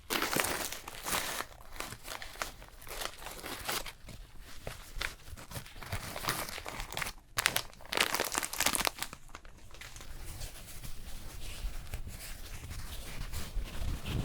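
An after-sun cooling facial spa treatment, heard as nearly continuous crinkling and rustling, like plastic or a sheet mask being handled. The crackly bursts come thick and irregular, with brief pauses near seven and nine seconds, over a faint low hum.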